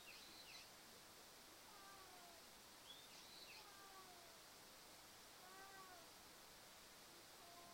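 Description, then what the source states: Domestic cat giving several falling meows, with a few short high rustling sounds and a constant background hiss. Family cat Uchan (Uruchi), a male, has caught a mouse and carries it in its mouth to show off; backyard covered with fallen leaves, 10 a.m., sunny morning.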